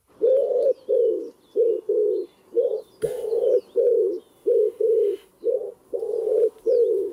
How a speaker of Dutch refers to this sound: Het geluid van je jeugd. Ja. Waar hoorde jij deze duiven? Bij mijn grootouders.